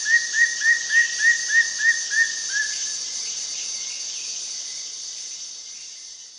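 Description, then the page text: Moustached hawk-cuckoo calling: a fast run of short rising whistles, roughly three a second, fading after two and a half seconds into droning insect background. Recorded at Danum, Borneo, 2008. "Moustached Hawk-cuckoo at Danum by EDWARDS, David"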